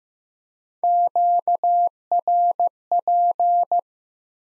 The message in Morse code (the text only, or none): QRP